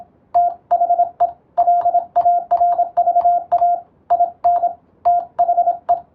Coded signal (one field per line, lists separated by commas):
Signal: Morse code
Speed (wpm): 25 wpm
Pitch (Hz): 700 Hz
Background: radio noise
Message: THE LARVA IN THE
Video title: モールス通信の国家資格「無線通信士」があります。モールスを送信、受信する実技試験が今でもあります。その練習風景です。YouTubeの再生速度を設定して聞こう！ morse code practice